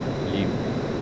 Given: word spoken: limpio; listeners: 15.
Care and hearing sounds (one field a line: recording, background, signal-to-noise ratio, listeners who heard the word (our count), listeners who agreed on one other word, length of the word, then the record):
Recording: one Spanish word in noise, from a listening test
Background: speech-shaped noise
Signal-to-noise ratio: -4.2 dB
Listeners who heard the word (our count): 0 of 15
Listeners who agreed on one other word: 11 of 15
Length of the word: 0.61 s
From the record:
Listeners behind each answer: 11, 1, 1, 1, 1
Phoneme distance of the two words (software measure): 27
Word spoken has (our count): 2 syllables, 6 phonemes, stress on syllable 1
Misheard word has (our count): 2 syllables, 5 phonemes, stress on syllable 1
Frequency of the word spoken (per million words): 19.30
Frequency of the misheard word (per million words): 216.67